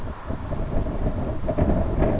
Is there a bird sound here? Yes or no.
no